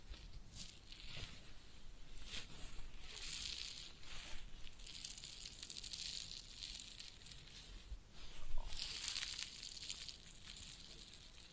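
Head massage and ear cleaning make soft, continuous rustling and scratching, with hissy crackles concentrated in the upper range. Brushing strokes rise and fall in irregular bursts, briefly stronger around the eighth and ninth seconds, over a quiet low rumble.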